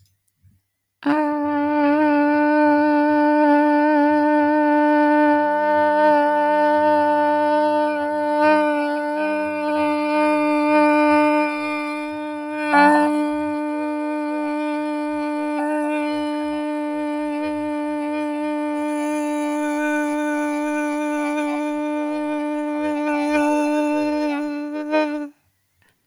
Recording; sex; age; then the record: vowel held as long as possible; female; 20 to 29 years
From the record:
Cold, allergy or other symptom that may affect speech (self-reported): no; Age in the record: 20 years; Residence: Alaska, United States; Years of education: 12